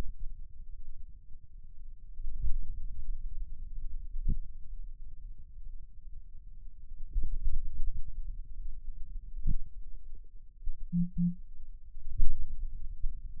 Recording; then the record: forearm muscle sounds (acoustic myography)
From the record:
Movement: finger pinch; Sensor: system 2, bracelet of six BSWA MPA416 microphones around the upper forearm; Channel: 1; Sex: male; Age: 22 years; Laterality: right